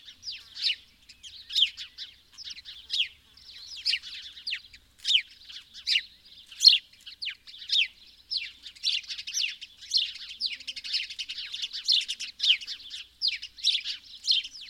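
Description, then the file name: House sparrow calls: repeated short, slightly rasping chirps delivered in quick irregular series. "Passer domesticus"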